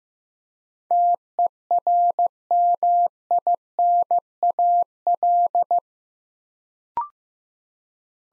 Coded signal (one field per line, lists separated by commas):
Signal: Morse code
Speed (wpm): 15 wpm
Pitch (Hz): 700 Hz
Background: none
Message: TERMINAL